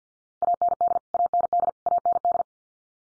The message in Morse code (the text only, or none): AND AND AND